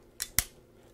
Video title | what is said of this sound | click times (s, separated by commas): Ungrownups Video Transmission: MakeToys Green Giant Type-61 (aka Not Devastator) | and then you want to take these two pieces and just fit them together and you'll hear a very satisfying click | 0.4 s